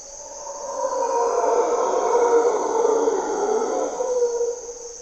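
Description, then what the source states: Mantled howler monkey roaring, a coarse, throaty howl rising to a peak midway and then easing off, over constant high insect buzzing. Mantled howler monkeys (Monos Congos) waking the jungle at morning twilight, Parque Nacional Corcovado, Osa Peninsula, Costa Rica; distinctive grunts and calls, males audible from several kilometers away.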